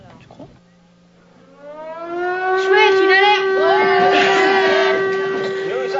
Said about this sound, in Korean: 그때 경보 사이렌이 울립니다. 아이들은 이제 방공으로 대피하는데 익숙합니다. 전쟁이 생활의 일부가 됐으니까요.